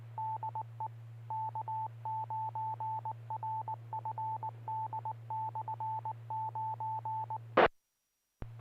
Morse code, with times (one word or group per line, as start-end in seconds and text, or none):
0.2-0.9 DE
1.3-7.7 K9RFD/9E